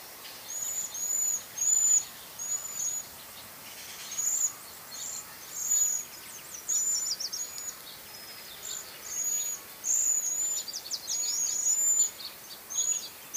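Cedar waxwing calls: thin, high, level seee notes in quick bursts, with short chirps in between and quiet pauses.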